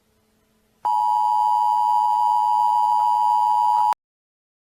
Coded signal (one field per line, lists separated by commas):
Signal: Emergency Alert System (SAME) tones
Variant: 853 and 960 Hz attention tone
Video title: Interdimensional Beings | EAS